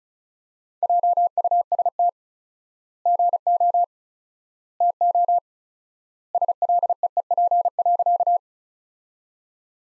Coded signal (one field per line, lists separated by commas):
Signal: Morse code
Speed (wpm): 35 wpm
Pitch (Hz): 700 Hz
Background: none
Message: JUST GO TO SLEEP.